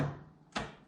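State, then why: Seated. The metal shift lever of an old 1970s Yale 6K forklift, with the slop taken out of its shift linkage, is pulled over the detent of the transmission. After a fading low rumble, a sharp click sounds at 0.6 s as the lever seats in the neutral detent, confirmed in neutral.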